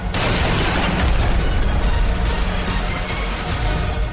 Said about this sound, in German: Nachdem er gesehen hatte, dass die Bombe explodiert war, flog er nach Berlin in der festen Überzeugung,